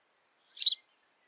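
Bird gives a single brief high double chirp, with silence around it.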